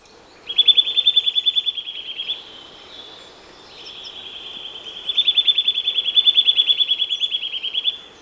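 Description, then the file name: Eurasian nuthatch giving rapid, steady trills of piping notes: a trill of about two seconds, a quieter gap, then a longer trill that swells in loudness. "Sitta europaea"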